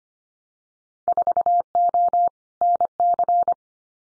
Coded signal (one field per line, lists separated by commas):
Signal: Morse code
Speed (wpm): 25 wpm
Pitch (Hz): 700 Hz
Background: none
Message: 4O NC